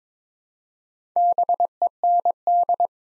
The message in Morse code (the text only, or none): BEND